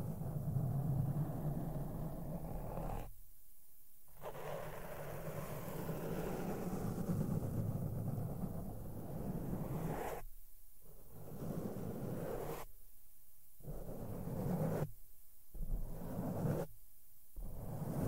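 Makeup brushes sweep softly over a microphone in a steady, dense rustle, low and full with a soft hiss on top. The brushing pauses briefly near 3, 10, 12.5, 15 and 17 seconds, leaving short gaps of near silence between strokes.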